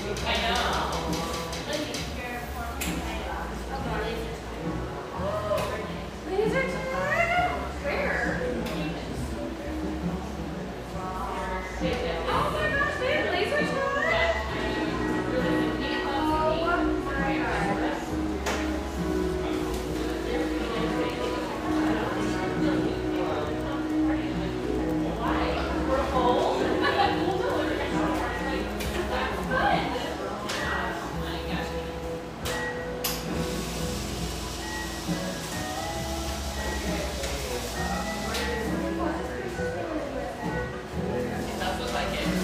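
Steady cafe chatter fills the clip, with overlapping voices talking throughout at a fairly even level. A low hum runs underneath, and small clinks and brief bright sounds pop up now and then, with a slightly louder stretch of talk near the middle.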